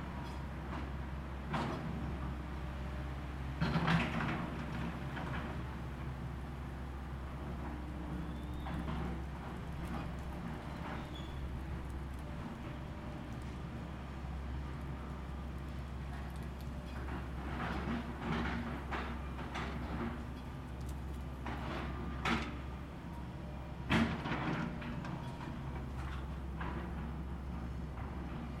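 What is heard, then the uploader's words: Demolition work under a constant low engine rumble that holds through the whole recording. Sharp metallic clanks and knocks break in irregularly, with a loud hit near four seconds, a busy stretch of scraping and banging from about seventeen to twenty-three seconds, and another strong crash at twenty-four. Demolition. Recorded from the driveway of the Tintinabulary.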